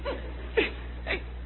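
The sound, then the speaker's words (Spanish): A voice mimics the lingering post-crying sobs of a son sitting down: three short, catchy gasping whimpers spaced apart, breathy and moderately loud, with no talking in between. “Entonces yo le dije, ven para acá, y estaba ahí sentado y estaba todavía con la inercia del llanto, ¿no?”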